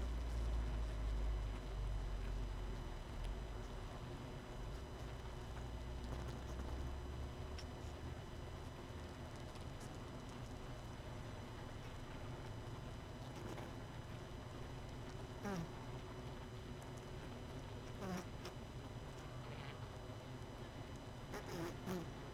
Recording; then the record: honeybee colony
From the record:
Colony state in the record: missing queen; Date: 31 May 2018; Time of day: 19:22